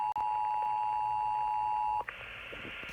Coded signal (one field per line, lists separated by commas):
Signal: Emergency Alert System (SAME) tones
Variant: 853 and 960 Hz attention tone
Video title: EAS radio capture 9-18